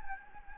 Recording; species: mosquito wingbeat signal from an infrared sensor; Anopheles gambiae